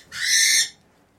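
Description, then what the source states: Cockatiel giving a single harsh, piercing screech lasting about half a second, loud and steady before cutting off abruptly. Pet shop with agitated birds; cockatiel screeching.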